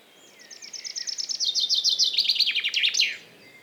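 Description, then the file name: Common chaffinch song, a rattling series of sharp notes that descends in pitch before closing with an emphatic flourish. "Fringilla coelebs"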